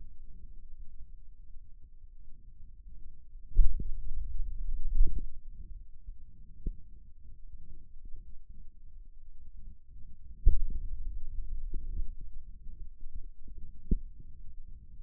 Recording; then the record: forearm muscle sounds (acoustic myography)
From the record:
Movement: finger pinch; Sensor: system 2, bracelet of six BSWA MPA416 microphones around the upper forearm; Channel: 2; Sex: male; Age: 22 years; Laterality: right